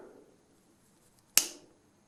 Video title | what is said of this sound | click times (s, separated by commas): The Odd Job Do'er Sets up the Quick Jack!!! | there do you wanna hear that click i hope it was on my fingers | 1.4 s